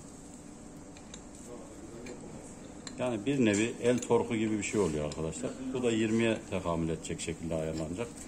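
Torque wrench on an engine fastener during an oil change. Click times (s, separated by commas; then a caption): 2.9 s. A torque wrench set to about 27 tightens an engine fastener during a 6,000 service on the last-generation Suzuki Hayabusa motorcycle. It gives a sharp click at 2.9 s on reaching its setting, confirming the fastener is torqued. Faint metallic ticks come before it, and someone talks from about 3 s onward.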